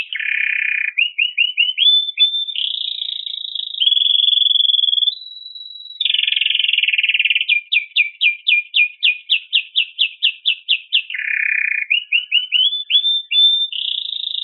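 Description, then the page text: Canary song moving through buzzy low blocks, rising whistles and a long steady high trill, then a rapid series of repeated chirps and another buzzy rising passage. "カナリアの鳴き声 - 着信音-sound-HIRingtone"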